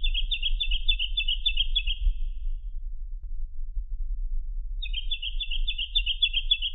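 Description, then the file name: Jacky winter gives a rapid, evenly pulsed high trill in two phrases separated by a pause, against low rumble. "suara jacky winter"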